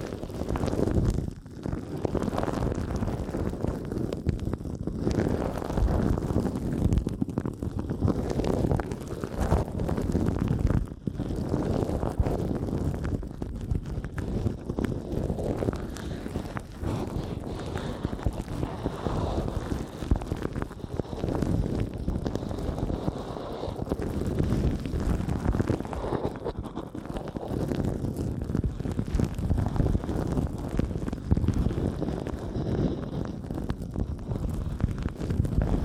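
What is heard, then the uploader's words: An ASMR eardrum massage: dense, muffled rubbing and brushing against the microphone that never lets up, heavy in the low and middle range with little brightness. The level stays steady throughout, with brief dips around 1 and 11 seconds. ASMR Sensitive Eardrum Massage.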